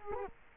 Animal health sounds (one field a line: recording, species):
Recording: mosquito wingbeat signal from an infrared sensor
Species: Culex quinquefasciatus